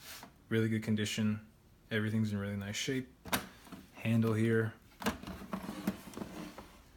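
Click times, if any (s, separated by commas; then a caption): 5.5 s. Someone talks, and then the orange carrying-case lid of a 1969 Hermes Rocket cursive script portable typewriter is closed onto its case base, making a few light knocks and clicks. The lid clicks into place and latches securely onto the base at 5.5 s.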